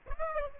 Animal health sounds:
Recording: mosquito wingbeat signal from an infrared sensor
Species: Aedes aegypti

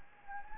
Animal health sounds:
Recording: mosquito wingbeat signal from an infrared sensor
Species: Anopheles gambiae

